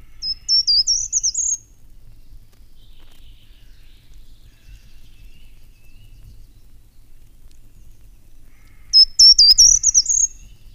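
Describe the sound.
Short-toed treecreeper song: two brief phrases of high, thin, rising notes ending in a short flourish, about seven seconds apart, with near silence between.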